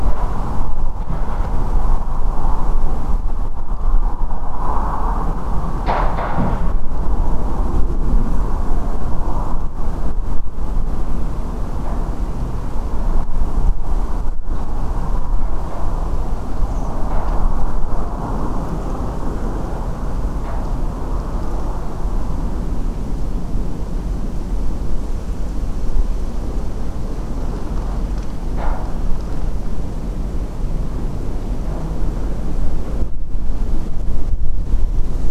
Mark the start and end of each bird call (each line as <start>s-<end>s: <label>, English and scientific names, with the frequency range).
16.71s-16.89s: Redwing (Turdus iliacus) (5.6-7.2 kHz)